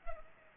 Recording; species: mosquito wingbeat signal from an infrared sensor; Culex pipiens